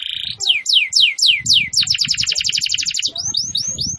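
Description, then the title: Canary singing: steep falling whistles, then a rapid rattling trill of repeated notes, ending with short chirps over faint low rumbling. Singing vigorously, described in Indonesian as 'gacor'. "Kenari Gacor"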